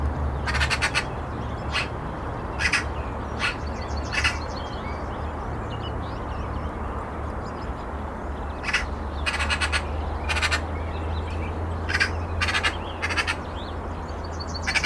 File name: Pica pica